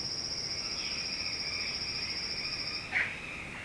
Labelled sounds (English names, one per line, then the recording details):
Red-bellied Macaw
Orange-winged Amazon
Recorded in secondary vegetation near Puerto Asís, Putumayo, Colombia, on 18 February 2024 at 09:00
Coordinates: 0.472, -76.331
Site G6371